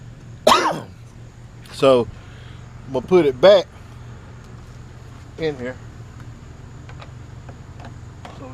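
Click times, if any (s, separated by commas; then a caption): 8.2 s. Someone talks while the removable battery of a Giant Trance E+ Pro 2 e-bike is slid back into the bicycle's down tube. A few small knocks follow at about 6.2, 6.9, 7.0, 7.5 and 7.8 seconds, then a final click at 8.3 seconds as the battery locks into the frame, confirmed seated.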